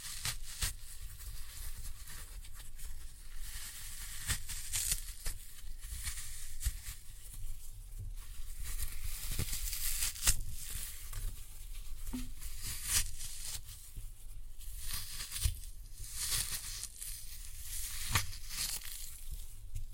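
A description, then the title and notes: Floral foam is crushed in a continuous stream of dry crunching and crackling. Sharp snaps and crumbly bursts come every second or so, brightest around ten and fifteen seconds, over a low steady rumble. Floral Foam Glitter Bomb Crushing.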